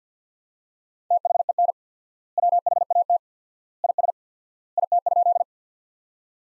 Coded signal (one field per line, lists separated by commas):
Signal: Morse code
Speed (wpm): 50 wpm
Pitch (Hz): 700 Hz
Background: none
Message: THEN WHAT IS IT?